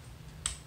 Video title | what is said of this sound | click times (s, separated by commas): FDL-3 (Wee) Assembly | you can do that either way it doesn't really matter pop that into place | 0.5 s